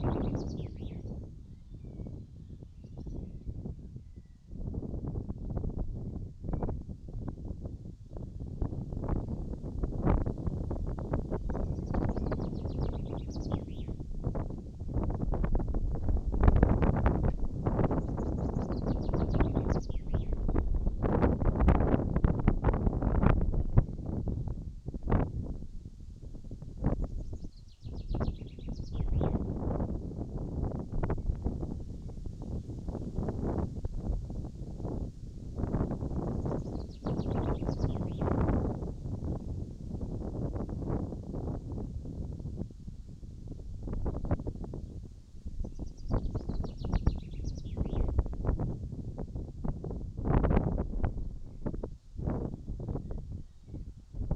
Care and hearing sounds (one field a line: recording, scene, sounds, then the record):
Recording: everyday scene through a hearing-aid microphone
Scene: wind on the microphone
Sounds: wind, birds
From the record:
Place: in front of a rural house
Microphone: in the ear canal, right